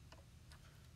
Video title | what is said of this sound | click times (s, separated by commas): Juki DX 3000 QVP Basics - Quilters Headquarters - 605-334-1611 | hold my finger on the bobbin so that it stays and if you listen real close you can hear it snap all right | 0.1 s, 0.5 s